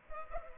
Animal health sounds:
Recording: mosquito wingbeat signal from an infrared sensor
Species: Culex pipiens

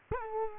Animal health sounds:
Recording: mosquito wingbeat signal from an infrared sensor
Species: Culex quinquefasciatus

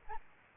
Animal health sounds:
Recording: mosquito wingbeat signal from an infrared sensor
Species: Aedes albopictus

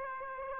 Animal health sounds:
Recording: mosquito wingbeat signal from an infrared sensor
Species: Aedes aegypti

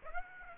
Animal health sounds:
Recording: mosquito wingbeat signal from an infrared sensor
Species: Aedes aegypti

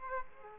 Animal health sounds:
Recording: mosquito wingbeat signal from an infrared sensor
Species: Aedes aegypti

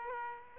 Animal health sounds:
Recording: mosquito wingbeat signal from an infrared sensor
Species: Aedes aegypti

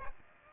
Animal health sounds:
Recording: mosquito wingbeat signal from an infrared sensor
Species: Aedes aegypti

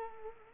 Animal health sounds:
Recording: mosquito wingbeat signal from an infrared sensor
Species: Culex quinquefasciatus

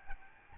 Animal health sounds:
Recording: mosquito wingbeat signal from an infrared sensor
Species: Aedes albopictus

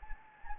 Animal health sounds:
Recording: mosquito wingbeat signal from an infrared sensor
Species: Anopheles gambiae

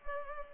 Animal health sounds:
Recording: mosquito wingbeat signal from an infrared sensor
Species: Culex pipiens

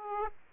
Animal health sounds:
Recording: mosquito wingbeat signal from an infrared sensor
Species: Aedes aegypti

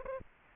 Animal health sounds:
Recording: mosquito wingbeat signal from an infrared sensor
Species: Aedes aegypti

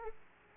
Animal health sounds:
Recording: mosquito wingbeat signal from an infrared sensor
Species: Aedes aegypti

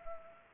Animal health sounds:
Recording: mosquito wingbeat signal from an infrared sensor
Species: Anopheles arabiensis

